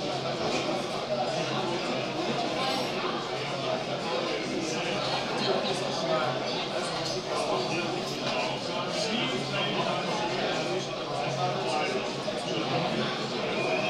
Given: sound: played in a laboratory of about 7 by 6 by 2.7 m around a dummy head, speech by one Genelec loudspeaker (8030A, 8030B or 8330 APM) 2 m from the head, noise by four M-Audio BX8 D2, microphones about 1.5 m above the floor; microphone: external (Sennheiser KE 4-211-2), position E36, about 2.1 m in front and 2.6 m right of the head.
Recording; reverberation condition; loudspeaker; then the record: cafeteria noise; medium; four, about 170 cm from the corners of the room and facing them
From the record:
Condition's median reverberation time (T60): about 510 ms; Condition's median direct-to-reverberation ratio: about -0.5 dB